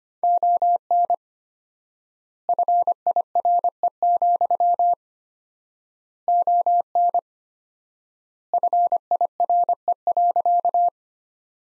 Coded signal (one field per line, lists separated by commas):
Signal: Morse code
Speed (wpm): 25 wpm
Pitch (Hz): 700 Hz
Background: none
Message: ON FIRE, ON FIRE.